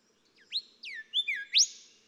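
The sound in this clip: Golden whistler song, a short phrase of sliding whistled notes ending in a bright rising whip.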